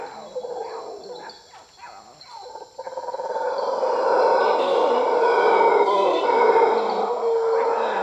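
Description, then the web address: Mantled howler monkey howls, a broad rough roar swelling in from grunting starts and holding loud through the second half, over a steady high insect whine. South American rainforest. "Natures Songs S America Primates of the Rainforest Mantled howler monkey"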